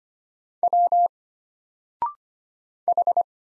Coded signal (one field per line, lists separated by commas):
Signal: Morse code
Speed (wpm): 25 wpm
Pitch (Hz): 700 Hz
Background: none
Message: W H